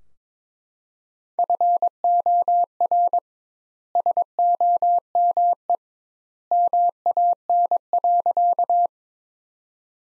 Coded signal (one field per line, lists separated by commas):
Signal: Morse code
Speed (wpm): 22 wpm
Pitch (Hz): 700 Hz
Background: none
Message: FOR SOME MAN.